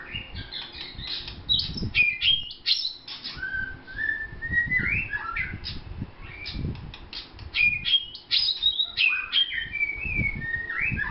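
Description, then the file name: White-rumped shama song, varied whistled phrases with rising and falling slurs among sharp clicks and low thumps. Vietnam. "shama vietnam omkicau"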